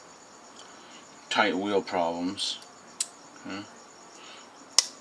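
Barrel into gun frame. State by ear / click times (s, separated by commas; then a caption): seated / 4.8 s. A steel barrel is pushed into a gun frame during a customer gun build while someone talks. A single sharp click sounds at 4.8 s, showing the barrel has seated in the frame.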